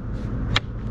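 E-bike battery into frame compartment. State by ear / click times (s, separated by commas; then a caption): seated / 0.6 s. A heavy battery is pushed back into the frame compartment of a Stromer ST3 e-bike and locks with a single sharp click at 0.6 s, over a steady low background hum. The battery is confirmed clicked into place.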